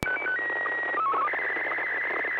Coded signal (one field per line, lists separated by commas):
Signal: SSTV (slow-scan television)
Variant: Martin 1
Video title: N6NA SSTV Net - 12/03/2025